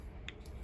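A Fiskars produce knife's folding blade is snapped into its locked closed position in the handle, giving a sharp metallic click at 0.3 s and a fainter tick at 0.5 s. The blade locks closed.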